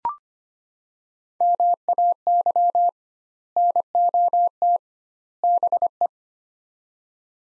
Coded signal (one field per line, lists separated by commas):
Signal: Morse code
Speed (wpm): 25 wpm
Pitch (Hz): 700 Hz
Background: none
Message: MAY NOT BE